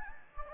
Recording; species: mosquito wingbeat signal from an infrared sensor; Anopheles gambiae